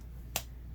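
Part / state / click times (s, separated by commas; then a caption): helmet chin strap buckle, released from its receiver / released / 0.4 s. A motorcycle helmet's chin strap buckle is undone and released from its receiver. A single sharp snap is heard at 0.4 s over a low background hum. The buckle unsnaps and comes free.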